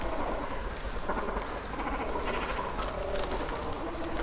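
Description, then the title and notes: Great cormorants calling at a colony, a steady rough chorus of gargling croaks. Breeding colony in Zemitz, Germany; cormorants sitting on their nests and flapping up and down; recorded with a TASCAM DR-100. "Zemitz, Deutschland - Kormorane brüten. breeding cormorants. Die Kormorane sitzen auf Ihren Nestern und flattern auf und ab"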